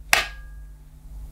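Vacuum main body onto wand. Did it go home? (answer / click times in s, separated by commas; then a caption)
yes / 0.1 s. The main body of a Shark Anti Hair Wrap corded stick vacuum is attached to the top of the Flexology wand and clicks into position at 0.1 s with a single loud, sharp plastic snap. A faint ring and low hum remain afterward. The body is seated on the wand.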